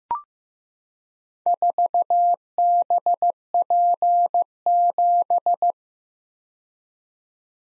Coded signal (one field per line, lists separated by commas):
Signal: Morse code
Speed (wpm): 15 wpm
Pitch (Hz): 700 Hz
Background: none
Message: 4BP7